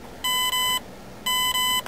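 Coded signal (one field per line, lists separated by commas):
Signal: beep code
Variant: ETTI ESC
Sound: two quick back-to-back beeps, pause, then the same two beeps again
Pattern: 2 short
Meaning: Two beeps select the 2S LiPo cell count setting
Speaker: now I hear the um two beeps and um two bossones really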